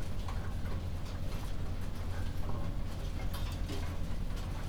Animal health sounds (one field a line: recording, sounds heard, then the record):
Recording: poultry house recording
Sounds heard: no chicken sound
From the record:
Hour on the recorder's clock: 23